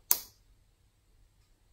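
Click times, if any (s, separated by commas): 0.1 s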